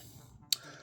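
A plastic tab on an SS86 Optimus Prime transforming robot toy is rotated and locked into the cab section against a quiet low background. A single loud, sharp click lands at 0.5 seconds, and the tab is seated in place.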